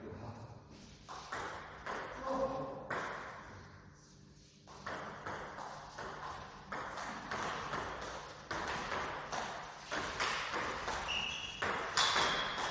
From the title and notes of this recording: Friendly table tennis match. Often in the table tennis hall, I like to make recordings during training. We have a friendly match in the hall.